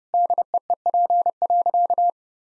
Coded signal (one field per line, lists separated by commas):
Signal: Morse code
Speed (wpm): 30 wpm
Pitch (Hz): 700 Hz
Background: none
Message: DEEP.